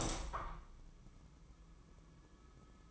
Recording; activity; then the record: daily activity, microphone in the room; open window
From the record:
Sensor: 1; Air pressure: 1004.8 hPa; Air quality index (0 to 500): 113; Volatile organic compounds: 4 ppm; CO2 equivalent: 1561 ppm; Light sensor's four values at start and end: 8/20/8/8 and 8/21/8/9